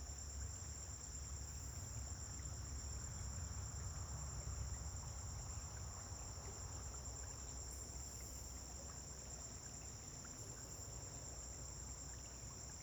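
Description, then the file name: Crickets trill continuously at a high pitch; a low road rumble persists and a few brief hissing bursts appear later. Dawn on a farm, crickets with vehicles passing on a distant road. "Amanhecer na fazenda com grilos veiculos passando em estrada longe"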